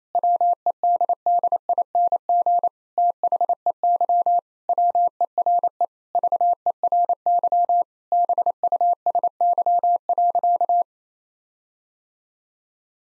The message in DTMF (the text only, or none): none